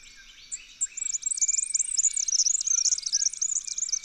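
Red-backed fairywren singing a high, fast reel of tinkling, buzzy notes that starts with a couple of sharp chips and runs on steadily to the end.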